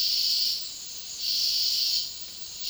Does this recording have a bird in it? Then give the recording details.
no. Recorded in dense forest near Puerto Asís, Putumayo, Colombia, on 21 February 2024 at 09:30. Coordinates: 0.500, -76.322. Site G6465